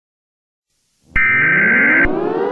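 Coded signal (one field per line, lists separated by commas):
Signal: Emergency Alert System (SAME) tones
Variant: header bursts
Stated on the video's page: Fictional alert scenario, not a real activation.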